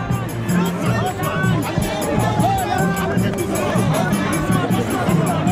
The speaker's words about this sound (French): déjà prise d'assaut par une foule en liesse